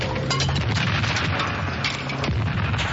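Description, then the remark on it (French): A loud, dense barrage of firecracker bangs crackling and popping almost continuously, with a few sharper cracks standing out from the constant rumbling roar. “Il est là-bas, ils ont envie de pétards.”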